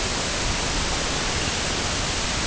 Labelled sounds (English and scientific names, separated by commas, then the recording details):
none
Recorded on Arctic tundra, site IGLO-A, on 22 June 2018
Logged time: 05:59